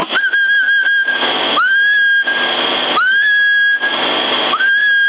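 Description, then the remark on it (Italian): A steady, high whistled tone comes through a tinny CB radio on channel 10 in Sassari, June 2022, held for about a second at a time and broken up by loud bursts of hissing static, repeating several times. “Chi è che sta fischiando, che non mi lascia mangiare in pace?”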